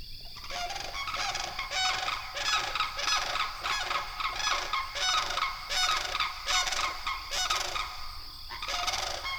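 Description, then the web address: Sandhill crane calls: loud, rattling, trumpet-like notes coming almost continuously in uneven bursts throughout. "Songs of Birds of North America Know Your Bird Sounds Common Western Species. Sandhill Crane"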